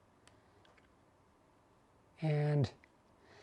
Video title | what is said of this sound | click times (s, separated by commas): [OUTDATED] New PwnCNC's Vise | it's okay if it doesn't snap but it looks like this one might need to be adjusted let's see | none